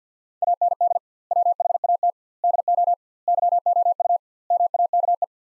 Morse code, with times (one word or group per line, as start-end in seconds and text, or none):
0.4-1.0 AND
1.3-2.1 WHAT
2.4-2.9 DO
3.3-4.2 YOU
4.5-5.2 MAKE